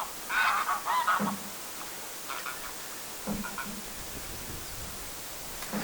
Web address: paivat 22 7 2026 kotihanhiperhe vaihtaa ruokailupaikkaa rannalla lentaen